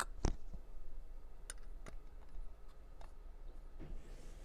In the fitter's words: there should be a nice click